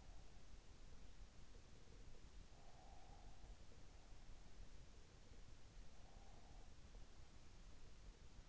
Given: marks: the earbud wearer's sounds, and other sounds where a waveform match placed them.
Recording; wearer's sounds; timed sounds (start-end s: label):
sounds in sleep by an in-ear microphone; breath
2.34-3.75 s: breath
6.00-6.99 s: breath